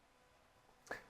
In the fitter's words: and you want to push it in until it clicks.